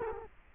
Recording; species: mosquito wingbeat signal from an infrared sensor; Culex quinquefasciatus